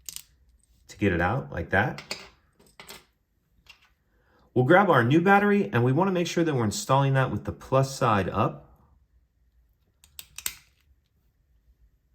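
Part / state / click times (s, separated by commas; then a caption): coin cell battery into key fob battery holder / seated / 10.2 s, 10.5 s. A new CR1632 coin cell battery is placed plus side up and pressed into the battery holder inside the plastic remote key fob of a 2013–2017 Lexus LS460, while someone talks. It snaps into place with sharp clicks at 10.2 s and 10.5 s, and the battery is seated.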